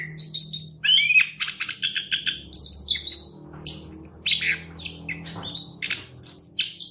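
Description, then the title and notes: Orange-headed thrush song of fast rattling trills, high thin whistles and clipped squeaky notes, with a steady low hum in the background. Competition-winning singer, described as a national champion. "Anis Kembang Juara Nasional. kicau anis kembang"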